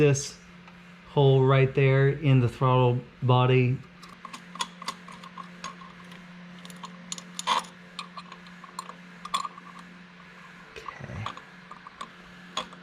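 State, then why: Not seated. On an Integra GSR during a Skunk2 intake manifold install, a throttle cable end is worked toward its hole in the throttle body. Someone talks for the first few seconds, then only small metallic ticks and light handling sounds follow over a steady low hum. The cable end has not locked in or clicked into place yet.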